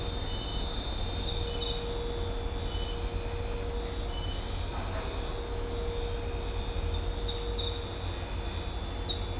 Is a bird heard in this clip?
no